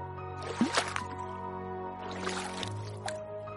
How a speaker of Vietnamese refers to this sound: Chiếc xuồng cứ xuôi theo con nước mà lướt lên trên dòng. Có những gợn sóng tung tăng theo gió, nhấp nhô lên xuống theo từng nhịp mái chèo